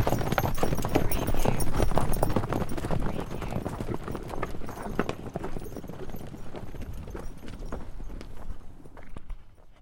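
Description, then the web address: Horse hoofbeats, a dense drumming of many hooves galloping on dirt, loud at first and gradually fading as the herd passes. Several horses running past on a dirt surface. "lynne-publishing Flock of horses run by on dirt"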